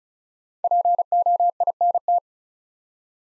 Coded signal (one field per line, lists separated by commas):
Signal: Morse code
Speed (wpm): 36 wpm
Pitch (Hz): 700 Hz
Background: none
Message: POINT